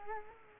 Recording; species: mosquito wingbeat signal from an infrared sensor; Culex quinquefasciatus